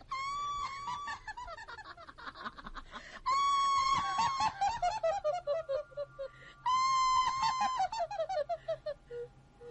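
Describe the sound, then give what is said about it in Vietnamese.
Eerie, high-pitched, angry cackling laughter comes in three long bursts amid rustling wind, each starting with a sustained shriek and breaking into rapid descending "ha-ha" pulses, over a faint low rumble. “Lẫn trong tiếng gió rì rào là tiếng cười, tiếng gào thét đầy giận dữ.”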